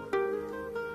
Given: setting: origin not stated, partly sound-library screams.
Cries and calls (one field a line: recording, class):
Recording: one-second piece from a danger detection set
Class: normal situation